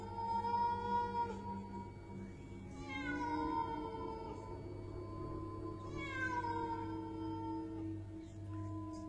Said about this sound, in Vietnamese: Con bé bỗng nhiên nghe thấy cái tiếng meo meo vọng ra ở cái lối nhỏ dẫn ra phía sau vườn. Âm thanh con mèo kêu nhỏ nhưng vang vào trong tai con bé rất rõ.